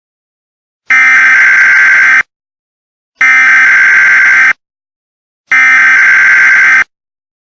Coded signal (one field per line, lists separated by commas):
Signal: Emergency Alert System (SAME) tones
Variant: header bursts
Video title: EAS Scenario - Hurricane Luther